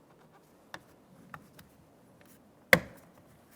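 A plastic trim cover with two locking tabs, one on either side, is pressed into its matching holes in the rear inside door panel of a 2002-2009 Chevrolet Trailblazer during a rear inside door handle replacement. Sharp plastic clicks sound at 0.7 s and 1.3 s, followed by a much louder snap at 2.7 s. The tabs lock and the cover is seated.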